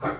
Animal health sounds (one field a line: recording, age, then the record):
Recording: pig call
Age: growing-finishing pig (85 days or more)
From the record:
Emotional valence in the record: positive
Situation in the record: run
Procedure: transit